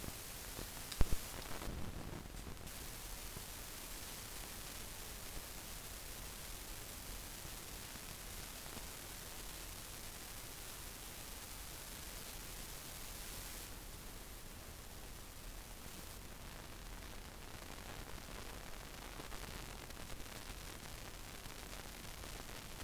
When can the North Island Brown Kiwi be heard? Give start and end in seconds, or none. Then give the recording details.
none. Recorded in New Zealand on 24 November 2013. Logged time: 00:13. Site CF70